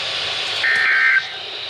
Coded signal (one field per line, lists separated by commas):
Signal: Emergency Alert System (SAME) tones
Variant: end-of-message bursts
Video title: I'D JUST MOVED IN!!! (EAS Alerts: #293 - 305) - 12/29/21